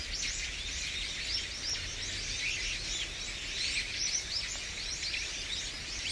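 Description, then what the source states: Birds chirping, many overlapping high, quick twitters and whistles running without pause over a constant hiss. Usuki, Japan.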